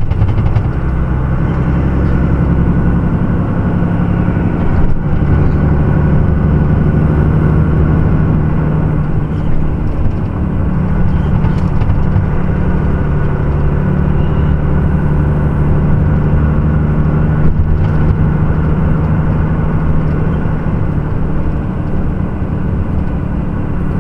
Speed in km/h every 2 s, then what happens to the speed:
35, 37, 39, 41, 39, 39, 39, 39, 41, 40, 39, 38.
0-24 steady at about 39.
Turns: none.